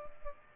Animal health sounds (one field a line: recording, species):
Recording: mosquito wingbeat signal from an infrared sensor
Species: Culex pipiens